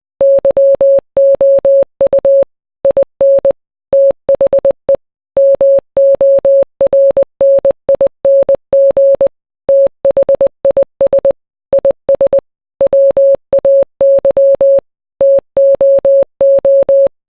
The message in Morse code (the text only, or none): YOU IN THE MORNING THIS IS WAY TOO